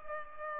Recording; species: mosquito wingbeat signal from an infrared sensor; Culex pipiens